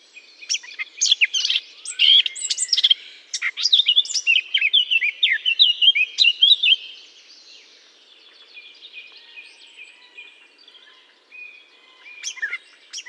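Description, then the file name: Eurasian blackcap song: a fast, varied warble of sweet, tumbling notes for about six seconds, then near silence before a brief closing phrase. Singing in a holly bush. "chant de fauvette a tete noire dans houx"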